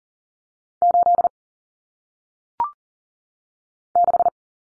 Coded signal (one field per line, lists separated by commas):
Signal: Morse code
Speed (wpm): 38 wpm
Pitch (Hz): 700 Hz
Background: none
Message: 8 6